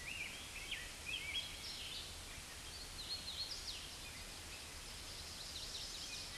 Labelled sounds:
Hooded Warbler (Setophaga citrina) song
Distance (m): 65 m
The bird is about 15 m above the microphone
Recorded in a Pennsylvania forest on 16 May 2024 at 07:10
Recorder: AudioMoth, point MSD-2201
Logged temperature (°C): 15.5 °C
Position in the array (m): 149 m, 116 m

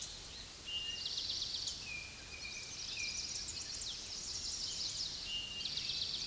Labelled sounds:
Eastern Towhee (Pipilo erythrophthalmus) song
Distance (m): 35 m
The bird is about 5 m above the microphone
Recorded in a Pennsylvania forest on 16 May 2024 at 06:37
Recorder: AudioMoth, point MSD-2257
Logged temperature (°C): 16.0 °C
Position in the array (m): 202 m, 141 m

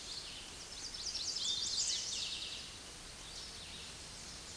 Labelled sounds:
Eastern Towhee (Pipilo erythrophthalmus) song
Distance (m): 40 m
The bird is about 5 m above the microphone
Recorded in a Pennsylvania forest on 16 May 2024 at 06:10
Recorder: AudioMoth, point MSD-0475
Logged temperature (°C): 12.3 °C
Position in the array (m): 109 m, 6 m

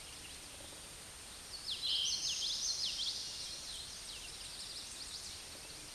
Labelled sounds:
Common Yellowthroat (Geothlypis trichas) song
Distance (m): 30 m
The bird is about 5 m above the microphone
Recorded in a Pennsylvania forest on 16 May 2024 at 09:08
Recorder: AudioMoth, point MSD-2304
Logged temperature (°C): 16.0 °C
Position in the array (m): 225 m, 186 m

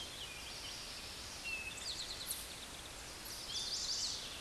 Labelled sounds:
Eastern Towhee (Pipilo erythrophthalmus) song
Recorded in a Pennsylvania forest on 16 May 2024 at 09:54
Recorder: AudioMoth, point MSD-1849
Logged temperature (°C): 12.1 °C
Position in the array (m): 2 m, 44 m

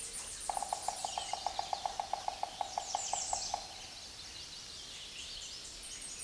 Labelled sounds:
American Redstart (Setophaga ruticilla) song
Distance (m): 25 m
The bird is about 5 m below the microphone
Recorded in a Pennsylvania forest on 16 May 2024 at 06:12
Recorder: AudioMoth, point MSD-0383
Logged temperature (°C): 15.3 °C
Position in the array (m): 110 m, 225 m

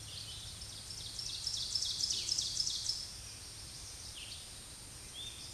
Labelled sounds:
Ovenbird (Seiurus aurocapilla) song
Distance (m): 30 m
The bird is about level with the microphone
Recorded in a Pennsylvania forest on 16 May 2024 at 07:23
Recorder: AudioMoth, point MSD-2083
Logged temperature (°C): 16.7 °C
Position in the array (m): 150 m, -9 m

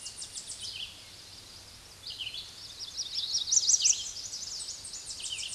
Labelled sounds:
Red-eyed Vireo (Vireo olivaceus) song
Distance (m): 30 m
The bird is about 20 m above the microphone
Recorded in a Pennsylvania forest on 16 May 2024 at 06:41
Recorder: AudioMoth, point MSD-2208
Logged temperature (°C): 15.2 °C
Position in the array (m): 164 m, 73 m

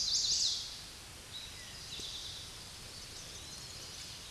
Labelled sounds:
Eastern Towhee (Pipilo erythrophthalmus) song
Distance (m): 55 m
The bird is about 15 m above the microphone
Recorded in a Pennsylvania forest on 16 May 2024 at 09:20
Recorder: AudioMoth, point MSD-2007
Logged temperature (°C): 16.1 °C
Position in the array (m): 80 m, 12 m

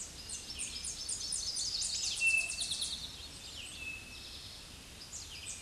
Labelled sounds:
Tennessee Warbler (Leiothlypis peregrina) song
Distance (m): 20 m
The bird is about 10 m above the microphone
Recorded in a Pennsylvania forest on 16 May 2024 at 07:45
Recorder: AudioMoth, point MSD-0178
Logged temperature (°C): 15.3 °C
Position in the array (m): 82 m, 74 m

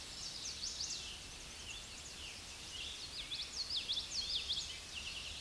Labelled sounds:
Common Yellowthroat (Geothlypis trichas) song
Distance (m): 15 m
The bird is about 5 m above the microphone
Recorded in a Pennsylvania forest on 16 May 2024 at 06:50
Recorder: AudioMoth, point MSD-2039
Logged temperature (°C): 15.0 °C
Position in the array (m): 85 m, 83 m

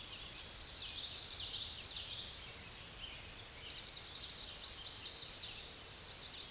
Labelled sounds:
Common Yellowthroat (Geothlypis trichas) song
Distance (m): 30 m
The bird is about level with the microphone
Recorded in a Pennsylvania forest on 16 May 2024 at 06:26
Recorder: AudioMoth, point MSD-2304
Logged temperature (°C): 16.0 °C
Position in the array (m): 231 m, 181 m

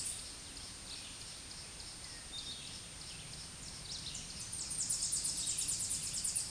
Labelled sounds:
Tennessee Warbler (Leiothlypis peregrina) song
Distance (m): 15 m
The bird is about 10 m above the microphone
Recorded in a Pennsylvania forest on 16 May 2024 at 07:59
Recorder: AudioMoth, point MSD-0398
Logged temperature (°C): 16.4 °C
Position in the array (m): 136 m, 90 m

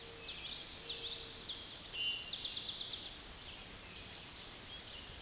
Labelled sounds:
Eastern Towhee (Pipilo erythrophthalmus) song
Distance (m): 25 m
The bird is about 5 m above the microphone
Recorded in a Pennsylvania forest on 16 May 2024 at 06:31
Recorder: AudioMoth, point MSD-2453
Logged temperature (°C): 16.3 °C
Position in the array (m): 232 m, 167 m

